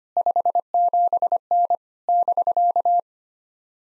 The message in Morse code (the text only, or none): 57N <BK>